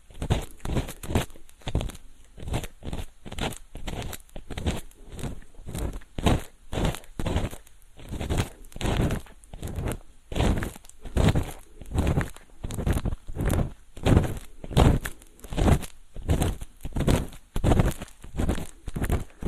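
Soft, rapid scratching and brushing of a feather pick cleaning an ear, each stroke a short fuzzy burst. The strokes come steadily, about two per second, for the whole stretch, with small gaps of near silence between them and a faint steady hiss underneath.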